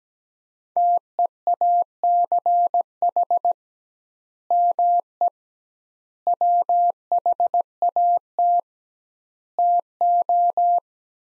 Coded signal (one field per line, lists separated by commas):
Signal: Morse code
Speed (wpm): 17 wpm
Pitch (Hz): 700 Hz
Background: none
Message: TEACH ME WHAT TO